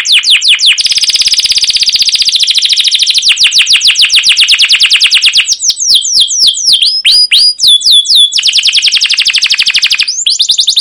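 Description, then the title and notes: Canary song: long rapid trills of fast descending chirps, switching to slower sweeping whistled notes, then back to dense trills. Long, lively canary song with 'cuit cuit' chirps and rolls ('ngerol'), used as a lure (pancingan) and tutor recording (masteran) for young caged canaries learning to sing. "CUIT CUIT NGEROL GACOR PANJANG Kenari Pancingan KENAR. PANCINGAN Kenari GACOR PANJANG Cuit CUIT EMOSI MASTERAN Kenari PAUD belajar BUNYI. burung kenari"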